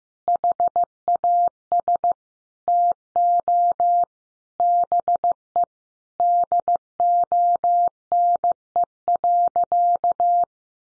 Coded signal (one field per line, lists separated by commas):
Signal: Morse code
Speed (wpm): 15 wpm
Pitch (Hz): 700 Hz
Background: none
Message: HAS TO BE DONE.